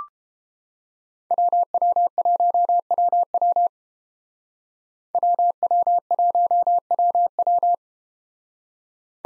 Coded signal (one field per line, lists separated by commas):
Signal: Morse code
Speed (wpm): 31 wpm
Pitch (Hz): 700 Hz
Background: none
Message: WW1WW WW1WW